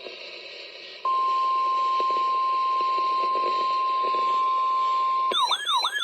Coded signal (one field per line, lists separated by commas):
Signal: Emergency Alert System (SAME) tones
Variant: 1050 Hz attention tone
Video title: Nighttime 'Naders - EAS Alerts from 4/11/24 || EAS 1,175-1,218